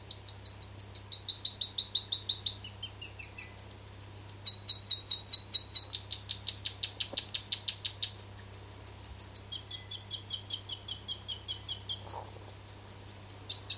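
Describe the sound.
South Island robin: extended high-pitched song of rapid repeated notes, phrases changing pitch and tone every few seconds, over a faint constant low hum.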